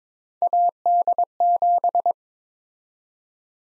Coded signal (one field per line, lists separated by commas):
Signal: Morse code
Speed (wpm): 21 wpm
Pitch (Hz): 700 Hz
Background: none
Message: AD7